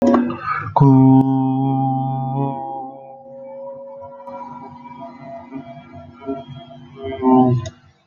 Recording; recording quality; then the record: sustained vowel as in boot; moderate, slight background noise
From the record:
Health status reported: healthy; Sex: male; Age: 21 years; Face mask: not worn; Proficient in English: yes